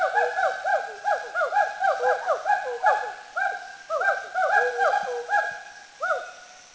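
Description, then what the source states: Mishmi hoolock gibbon song: a rapid series of whooping notes, each sliding downward, about three a second. Recorded in India.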